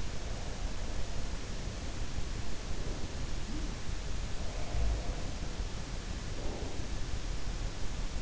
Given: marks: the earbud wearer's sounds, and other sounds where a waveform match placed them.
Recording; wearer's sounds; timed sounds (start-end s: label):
sounds in sleep by an in-ear microphone; breath
0.00-1.64 s: breath
2.55-5.52 s: breath
6.27-7.40 s: breath